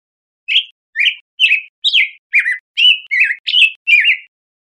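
Black-headed grosbeak song: short, rich warbled notes sliding between high pitches, delivered about twice a second in a steady run of nine phrases, with no other sounds.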